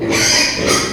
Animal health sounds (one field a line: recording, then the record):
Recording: squeal of a Yucatan mini pig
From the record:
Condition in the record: before surgery on the right vocal fold (resection and tissue-engineered implant)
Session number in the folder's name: 2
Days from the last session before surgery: 0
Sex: male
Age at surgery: 12 weeks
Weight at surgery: 13 kg